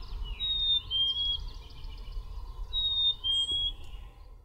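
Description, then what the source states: Black-capped chickadee singing a clear two-note whistle, high note then a lower held note, given twice, over a steady low rumble of background noise. Recorded on 13 May 2001; the recording is described as noisy.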